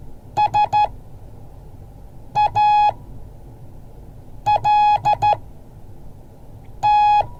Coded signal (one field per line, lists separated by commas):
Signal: Morse code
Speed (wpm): 13 wpm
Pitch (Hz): 840 Hz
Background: none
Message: SALT